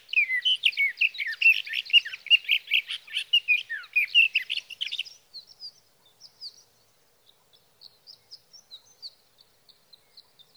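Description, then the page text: Sage thrasher song, a rapid warbled stream of notes for about five seconds, followed by sparse faint high ticks. Male singing through the night near his night roost, three nights from the evening of June 12 to the morning of June 15, 2018, Sierra Valley, California; Swift recorder. "Sage thrasher songs, through the night. For three nights, from the evening of June 12 to the morning of June 15, 2018, in Sierra Valley, California, I placed a Swift recorder near a male's night roost."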